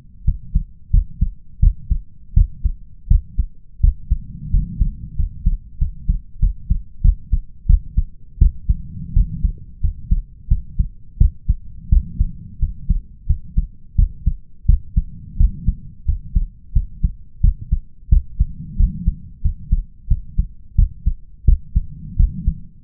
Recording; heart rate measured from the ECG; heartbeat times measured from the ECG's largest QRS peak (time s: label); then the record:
heart sounds by stethoscope; 88 bpm
0.24 s: heartbeat
0.90 s: heartbeat
1.59 s: heartbeat
2.33 s: heartbeat
3.07 s: heartbeat
3.80 s: heartbeat
4.50 s: heartbeat
5.15 s: heartbeat
5.77 s: heartbeat
6.39 s: heartbeat
7.01 s: heartbeat
7.66 s: heartbeat
8.38 s: heartbeat
9.13 s: heartbeat
9.80 s: heartbeat
10.48 s: heartbeat
11.17 s: heartbeat
11.89 s: heartbeat
12.59 s: heartbeat
13.26 s: heartbeat
13.95 s: heartbeat
14.65 s: heartbeat
15.36 s: heartbeat
16.05 s: heartbeat
16.72 s: heartbeat
17.40 s: heartbeat
18.09 s: heartbeat
18.76 s: heartbeat
19.41 s: heartbeat
20.07 s: heartbeat
20.75 s: heartbeat
21.44 s: heartbeat
22.16 s: heartbeat
22.83 s: heartbeat
From the record:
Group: healthy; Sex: male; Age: 21 years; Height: 180 cm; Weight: 67.5 kg